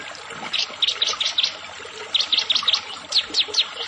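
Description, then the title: Prinia: several short runs of bright, high-pitched notes separated by brief pauses, over steady background noise. "Ciblek Sawah"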